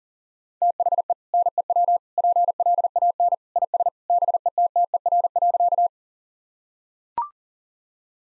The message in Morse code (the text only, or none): THE NEW PLAN IS BETTER.